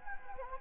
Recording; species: mosquito wingbeat signal from an infrared sensor; Anopheles gambiae